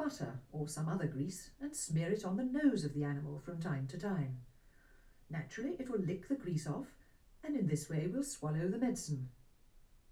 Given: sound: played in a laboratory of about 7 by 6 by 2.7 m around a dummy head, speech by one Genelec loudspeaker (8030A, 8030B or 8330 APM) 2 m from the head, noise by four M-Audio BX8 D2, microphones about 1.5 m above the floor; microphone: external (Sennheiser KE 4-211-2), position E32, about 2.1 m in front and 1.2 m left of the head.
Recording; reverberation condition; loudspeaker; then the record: female speech in English; low; behind (180 degrees)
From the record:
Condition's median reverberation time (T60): about 310 ms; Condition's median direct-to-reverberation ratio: about 3.5 dB